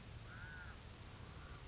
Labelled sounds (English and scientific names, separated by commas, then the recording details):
California Towhee (Melozone crissalis)
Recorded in Sonoma County, California